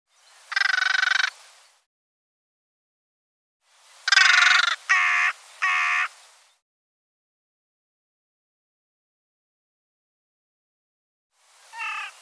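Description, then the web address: Bird giving harsh calls: one call, then three in quick succession, and a softer call at the end, separated by silence. "cianscape birddata Deverinetal 2025"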